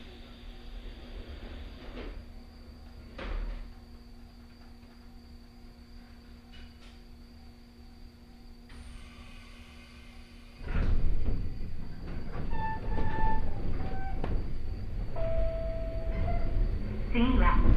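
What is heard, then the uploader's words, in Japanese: A ride on the Hokuriku Railway Ishikawa Line from Nomachi to Tsurugi. For the first ten seconds there is a low steady hum with a faint whine and a couple of soft knocks, then around ten seconds a louder rumble of the moving train takes over, with brief squealing tones. 鉄道旅 北陸鉄道石川線 野町→鶴来。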